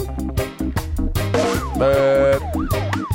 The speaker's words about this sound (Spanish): Ambulancia, ambulancia.